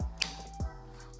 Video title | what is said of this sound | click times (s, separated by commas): New Vmax VX2 hub Long Range unboxing & 1st Ride impressions | You hear it click. | 0.2 s